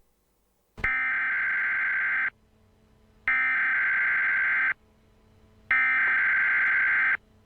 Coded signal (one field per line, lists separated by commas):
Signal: Emergency Alert System (SAME) tones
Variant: header bursts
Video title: Reacting To The Alternate Universe:An EAS Scenario